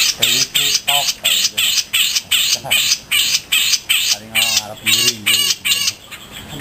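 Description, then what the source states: Grey-cheeked bulbul giving loud, harsh, squawking notes in a quick series, steady at first and then a bit more uneven. Song used to train cage birds.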